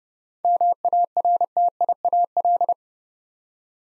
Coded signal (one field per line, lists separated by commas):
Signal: Morse code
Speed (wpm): 30 wpm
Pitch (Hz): 700 Hz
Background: none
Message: MARTIAL